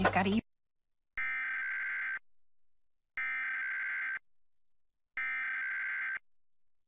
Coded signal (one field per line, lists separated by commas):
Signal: Emergency Alert System (SAME) tones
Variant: header bursts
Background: speech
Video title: Nationwide EAS Test | WNEP 16 | 7 Aug 2019 02:20 PM EDT